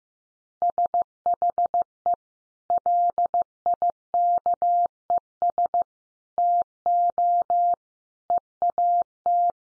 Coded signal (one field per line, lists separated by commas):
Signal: Morse code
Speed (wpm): 15 wpm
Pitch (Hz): 700 Hz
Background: none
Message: SHE LIKES TO EAT